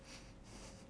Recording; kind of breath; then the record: one breath in and out by a microphone near the nose and mouth; strong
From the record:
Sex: male